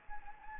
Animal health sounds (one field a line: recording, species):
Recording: mosquito wingbeat signal from an infrared sensor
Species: Anopheles arabiensis